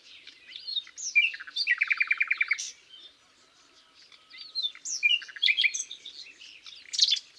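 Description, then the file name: Common nightingale song: a few chirps, then a fast run of repeated throaty notes, a pause, and another phrase of mixed whistles and chirps. "Luscinia megarhynchos"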